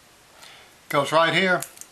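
A removable metal pocket clip is handled at the aluminum handle of a Leatherman Charge Al multitool as it is about to be installed, with faint handling rustle and a couple of small ticks near the end while someone talks. Nothing has seated or clicked yet.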